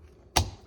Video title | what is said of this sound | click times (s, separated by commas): Frabill mod part 3 | just snaps right in | 0.4 s